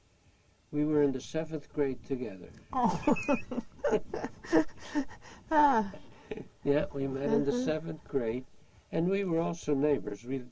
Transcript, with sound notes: We were in the seventh grade together.
Aww. (Laughs)
Yeah, we met in the seventh grade and we were also neighbors.